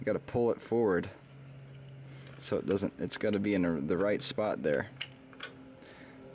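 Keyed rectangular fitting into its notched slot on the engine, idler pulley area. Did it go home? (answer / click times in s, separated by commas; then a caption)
yes / 5.3 s, 5.4 s. While replacing the idler pulley on a 98–01 Altima, a rectangular, one-way keyed part is pulled out and twisted into its notched slot on the engine in the idler pulley area as someone talks. Two sharp clicks at 5.3 s and 5.4 s mark the part popping into place, fully seated.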